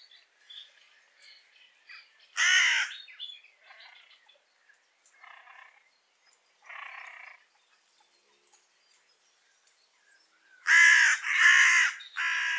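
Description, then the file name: Carrion crow giving a harsh caw, some quieter scattered calls, then a few loud rough caws near the end with faint background sounds. "Corvus corone"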